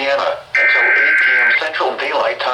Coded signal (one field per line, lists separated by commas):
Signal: Emergency Alert System (SAME) tones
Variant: header bursts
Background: speech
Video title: Flash Flood Warning - EAS# 238 and 239